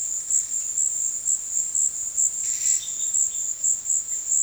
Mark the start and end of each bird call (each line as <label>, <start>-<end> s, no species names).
bird call, 2.79-3.47 s